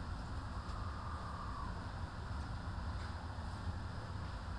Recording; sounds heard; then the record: poultry house recording; healthy chickens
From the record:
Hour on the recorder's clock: 13